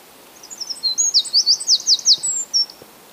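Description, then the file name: Eurasian wren giving a rapid run of high, sharp notes over roughly two seconds, clear over quiet background hiss. "Troglodytes troglodytes"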